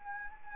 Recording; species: mosquito wingbeat signal from an infrared sensor; Anopheles arabiensis